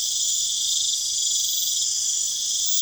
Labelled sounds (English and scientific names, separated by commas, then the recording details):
none
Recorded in pastures near Puerto Asís, Putumayo, Colombia, on 25 June 2025 at 23:30
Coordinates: 0.502, -76.324
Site G010